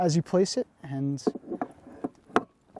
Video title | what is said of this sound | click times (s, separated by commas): Installing @SpaceX Starlink Satellite Internet at my Brother's Farm! | quite easy a little satisfying click to let you know you're there and it's in | 2.4 s